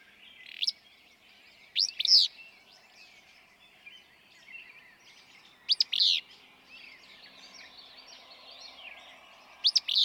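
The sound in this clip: Willow flycatcher song: crisp, buzzy two-part phrases spaced a few seconds apart, over a constant backdrop of chirping birds.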